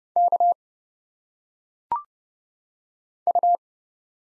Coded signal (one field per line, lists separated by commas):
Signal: Morse code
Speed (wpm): 31 wpm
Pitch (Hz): 700 Hz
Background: none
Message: K U